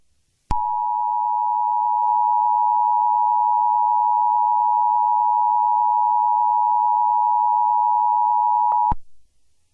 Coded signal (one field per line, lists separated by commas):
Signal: Emergency Alert System (SAME) tones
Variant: 853 and 960 Hz attention tone